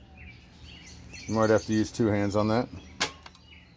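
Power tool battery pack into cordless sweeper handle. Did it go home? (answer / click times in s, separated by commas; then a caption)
yes / 3.0 s. A 20V slide-in battery pack for a Black & Decker 20 MAX cordless sweeper/blower is pushed into the handle with two hands. Someone talks, then a sharp snap at 3.0 s is followed by two faint ticks. The battery latches and is seated.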